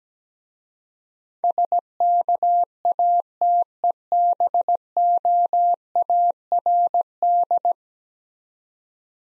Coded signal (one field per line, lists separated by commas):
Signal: Morse code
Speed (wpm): 17 wpm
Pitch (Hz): 700 Hz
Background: none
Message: SKATEBOARD